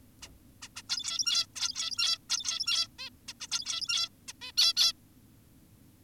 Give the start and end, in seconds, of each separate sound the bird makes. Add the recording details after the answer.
0.22-0.29, 0.62-0.68, 0.76-0.82, 0.90-1.46, 1.56-2.18, 2.30-2.88, 2.99-3.10, 3.28-3.33, 3.41-3.47, 3.52-4.09, 4.28-4.33, 4.42-4.52, 4.58-4.74, 4.77-4.93. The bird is an adult. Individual g17y2U